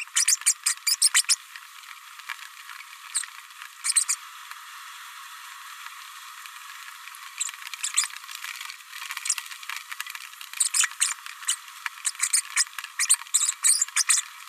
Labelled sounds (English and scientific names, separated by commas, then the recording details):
Green-rumped Parrotlet (Forpus passerinus) babbling
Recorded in a nest box in Venezuela
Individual 18B104A3